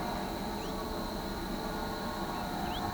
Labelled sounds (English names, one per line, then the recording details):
none
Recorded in pastures near Pivijay, Magdalena, Colombia, on 16 April 2023 at 14:30
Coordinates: 10.456, -74.369
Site P6-G026